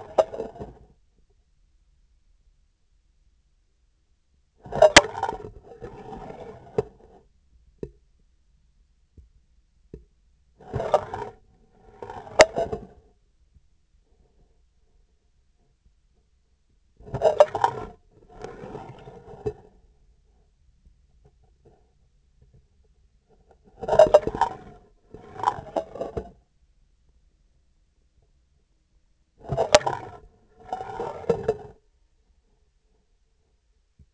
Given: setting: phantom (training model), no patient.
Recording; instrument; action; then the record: laparoscopic instrument, vibration sensor on the handle end; scissors; approaching and retracting movements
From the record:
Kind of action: spatial motion